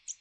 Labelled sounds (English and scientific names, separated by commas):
American Redstart (Setophaga ruticilla) flight call